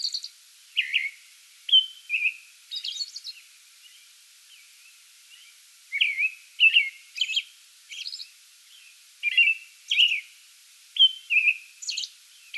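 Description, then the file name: American robin song in clusters: whistled phrases and high thin notes, a brief lull in the middle, then a dense run of caroling. Pre-dawn song bout recorded 8 May 2022. "2022-05-08 American Robin pre-dawn song bout"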